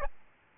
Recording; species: mosquito wingbeat signal from an infrared sensor; Aedes albopictus